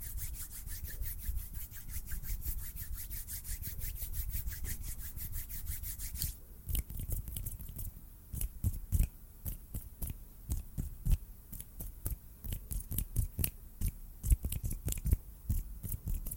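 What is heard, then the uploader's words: Hand sounds and snapping: for the first six seconds a fast, dense run of crisp snips and rubbing, almost continuous. After that the pace turns slower and irregular, with sharp isolated snaps and clicks at unpredictable moments over a soft low rumble. ASMR HAND SOUNDS AND SNAPPING, FAST, SLOW AND UNPREDICTABLE TRIGGERS.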